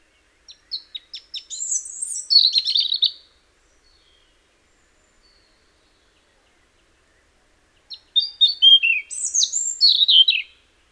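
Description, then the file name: European robin song opening with a few soft ticks, then a liquid cascade of thin whistles and trills; after roughly five quiet seconds another varied phrase follows. "Erithacus rubecula"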